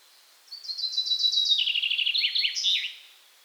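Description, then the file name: Common chaffinch song: a rapid trill of high notes, then a lower series, ending with a brief flourish, about 2.5 seconds long. "Fringilla coelebs"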